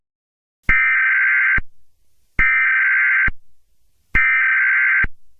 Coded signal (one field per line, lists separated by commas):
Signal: Emergency Alert System (SAME) tones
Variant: header bursts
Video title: EAS Scenario #1 - COMEOUTSIDE.MP4